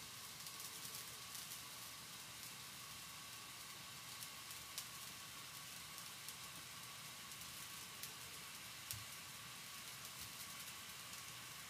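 Food being cooked ahead for packed lunches fills the clip with a steady, dense, bright sizzle that hardly changes for the full twelve seconds. A thin steady tone runs underneath, and a few sharp pops or clicks break through, around five, eight and nine seconds.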